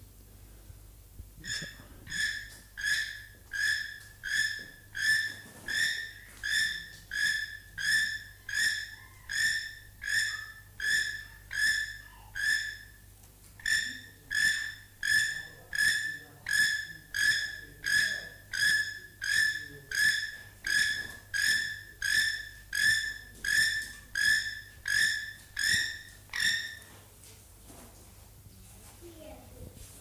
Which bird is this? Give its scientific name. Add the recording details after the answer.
Ramphastos sulfuratus. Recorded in captivity. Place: Tiergarten Wilhelma/Stuttgart, Baden-Württemberg, DE. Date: 2005-03-14 11:11. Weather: heiter, 4-8°C. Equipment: Sony WM-D6C, Sony ECM-MS 907, Kopie Uher 4000 Report Monitor. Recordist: Tembrock, Günter